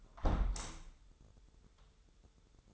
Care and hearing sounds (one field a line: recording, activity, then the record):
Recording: daily activity, microphone in the room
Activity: close window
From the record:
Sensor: 3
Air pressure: 995.7 hPa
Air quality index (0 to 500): 96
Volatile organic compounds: 13 ppm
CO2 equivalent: 2385 ppm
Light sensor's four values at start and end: 28/83/35/30 and 27/82/34/30